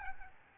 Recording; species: mosquito wingbeat signal from an infrared sensor; Aedes albopictus